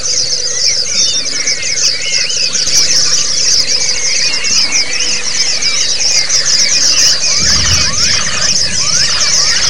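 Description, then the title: White-eye song: dense, continuous high chirping and twittering from many birds, with rapid short notes overlapping throughout. Therapy song in the ombyokan (group) style. "Suara Terapi Pleci Ombyokan"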